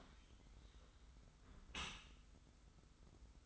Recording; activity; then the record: daily activity, microphone in the room; close dishwasher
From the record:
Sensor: 3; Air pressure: 991.3 hPa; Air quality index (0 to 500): 137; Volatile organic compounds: 251 ppm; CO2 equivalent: 4362 ppm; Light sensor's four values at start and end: 53/144/59/52 and 53/144/59/52